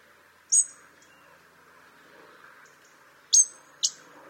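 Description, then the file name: European robin tick calls: one sharp tick, then a quick pair near the end, against a low background hum. "Erithacus rubecula"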